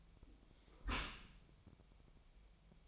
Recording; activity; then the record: daily activity, microphone in the room; close dishwasher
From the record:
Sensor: 1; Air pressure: 1006.7 hPa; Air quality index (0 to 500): 209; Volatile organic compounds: 24 ppm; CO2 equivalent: 2819 ppm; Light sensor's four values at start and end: 12/31/12/14 and 12/32/12/14